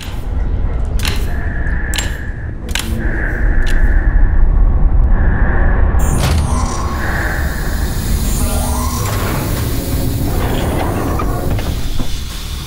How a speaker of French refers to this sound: vous arrivez, comme si c'était naturel chez vous, à refermer la porte, la reverrouiller.